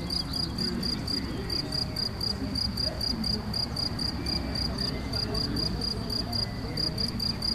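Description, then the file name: Cricket chirping in a steady rhythm of quick high pulses, with a constant low rumbling background. Crickets recorded in Galicia on 24 May 2014 with an MZ-N 710 recorder. "MZ-N 710 Grillons la Galicia re 24 05 14"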